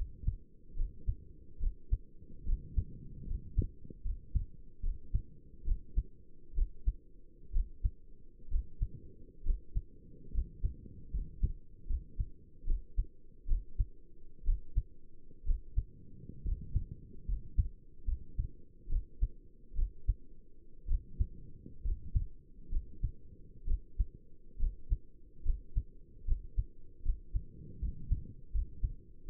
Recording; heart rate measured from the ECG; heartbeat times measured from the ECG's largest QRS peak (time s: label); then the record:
heart sounds by stethoscope; 69 bpm
0.77 s: heartbeat
1.61 s: heartbeat
2.47 s: heartbeat
3.28 s: heartbeat
4.05 s: heartbeat
4.83 s: heartbeat
5.66 s: heartbeat
6.56 s: heartbeat
7.54 s: heartbeat
8.51 s: heartbeat
9.45 s: heartbeat
10.34 s: heartbeat
11.13 s: heartbeat
11.89 s: heartbeat
12.67 s: heartbeat
13.48 s: heartbeat
14.46 s: heartbeat
15.46 s: heartbeat
16.45 s: heartbeat
17.28 s: heartbeat
18.07 s: heartbeat
18.90 s: heartbeat
19.76 s: heartbeat
20.88 s: heartbeat
21.84 s: heartbeat
22.72 s: heartbeat
23.67 s: heartbeat
24.60 s: heartbeat
25.45 s: heartbeat
26.27 s: heartbeat
27.05 s: heartbeat
27.81 s: heartbeat
28.54 s: heartbeat
29.29 s: heartbeat
From the record:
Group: healthy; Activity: rest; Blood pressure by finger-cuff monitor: 106/61 mmHg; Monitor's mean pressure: 74 mmHg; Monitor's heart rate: 69 bpm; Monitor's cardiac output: 6.5 L/min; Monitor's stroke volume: 93 mL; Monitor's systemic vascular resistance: 840 dyn s/cm5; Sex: male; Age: 22 years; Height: 181 cm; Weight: 79 kg